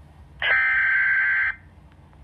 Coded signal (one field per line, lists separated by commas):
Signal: Emergency Alert System (SAME) tones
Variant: header bursts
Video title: Tornado Warning #3 (EAS #70)